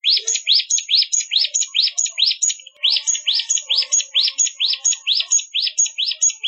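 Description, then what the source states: Hill Prinia singing a quick, fairly steady series of bright chirping notes, a little over two per second, with one brief pause. Song of the mountain type of prinia, called ciblek gunung locally.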